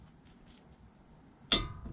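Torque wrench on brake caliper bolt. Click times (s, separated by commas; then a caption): 1.5 s. A click-type torque wrench set to 37 ft-lb tightens a brake caliper bolt on a Honda while a 19 mm wrench holds the bolt from turning. After quiet ratcheting, the wrench gives a single sharp, ringing click at 1.5 s, confirming the bolt has reached 37 ft-lb.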